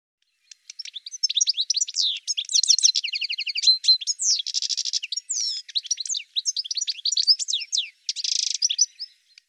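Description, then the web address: Bird song of continuous high chirps, sweeps and fast trills, broken by two buzzy bursts, running almost without pause. "cianscape birddata"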